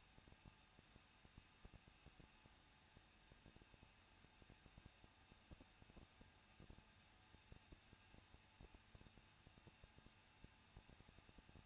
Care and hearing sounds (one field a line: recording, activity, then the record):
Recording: daily activity, microphone in the room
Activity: no activity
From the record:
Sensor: 2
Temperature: 21.0 degrees Celsius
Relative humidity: 37.3%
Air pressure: 1006.3 hPa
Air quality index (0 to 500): 220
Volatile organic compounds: 23 ppm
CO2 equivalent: 2782 ppm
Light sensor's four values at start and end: 2/3/2/2 and 2/3/2/2